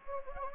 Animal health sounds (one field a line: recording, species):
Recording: mosquito wingbeat signal from an infrared sensor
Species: Anopheles gambiae